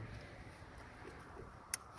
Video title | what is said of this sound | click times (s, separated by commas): How to replace Coil Packs in 2005 Dodge Dakota v6 or v8 engine | then at this point you can go ahead and plug your connector right back up make sure you hear it click just like | 1.7 s